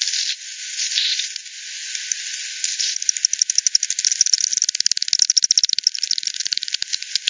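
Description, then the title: Bats heard first as a soft hissing buzz, then as a clear series of quick, evenly paced clicks that grow louder. Multiple bats at the Hogsmill River, Hogsmill Lane, 7 October 2020 at 18:10; recorded with frequency division (FD10), band-pass filtered and resampled. "WW bat 20201007 T 18 : 10 Z-Hogsmill-Lane-Hogsmill-River-multiple-bats"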